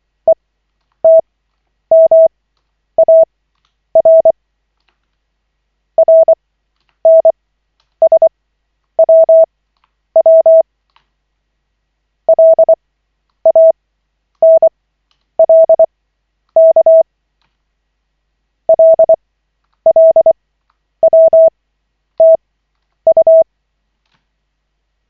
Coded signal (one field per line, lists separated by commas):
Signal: Morse code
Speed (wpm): 24 wpm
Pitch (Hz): 650 Hz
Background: none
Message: ETMAR RNSWW LANLK LLWTU